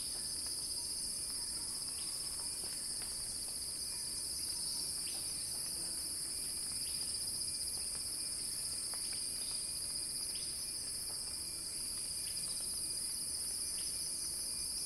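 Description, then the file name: Cicada humming at a high pitch without a break, with scattered faint clicks beneath the drone. Cicada song building in a crescendo. "earth-fm Axel-Drioli Cicada-Crescendo-Sounding-Wild"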